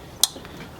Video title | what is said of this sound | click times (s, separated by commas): 15% discount code! Auxbeam 7000 lumen LED headlight upgrade & 12" light bar | and don't forget to reconnect your main power cord you'll hear it click | 0.2 s